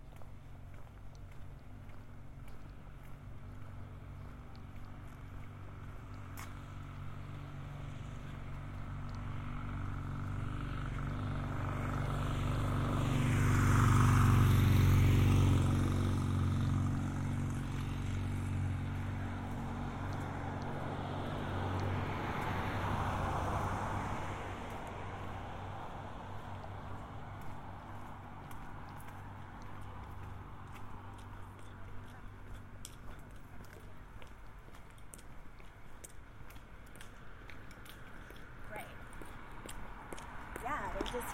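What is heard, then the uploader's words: A walk around south Boulder, Colorado, with a steady low hum of traffic throughout. A vehicle swells up and passes loudest around fourteen seconds, and a second, softer one goes by near twenty-three seconds. Scattered light ticks and clicks appear toward the end. A binaural field recording of walking around south Boulder, CO in the summer of 2015.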